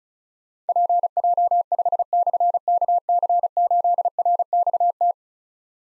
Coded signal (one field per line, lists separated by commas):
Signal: Morse code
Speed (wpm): 36 wpm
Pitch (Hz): 700 Hz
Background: none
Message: PJ5/KC8RXT